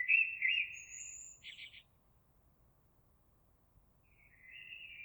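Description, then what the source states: Eurasian blackbird singing a short fluted phrase topped by thin high squeaks, followed by two seconds of quiet before the next mellow phrase begins. Recorded 26 April 2022.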